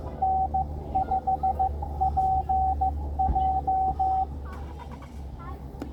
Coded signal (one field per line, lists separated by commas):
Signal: Morse code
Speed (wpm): 14 wpm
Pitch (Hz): 760 Hz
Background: radio noise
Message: N5PJ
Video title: Amateur Radio at Bethpage State Park using CW (Morse Code)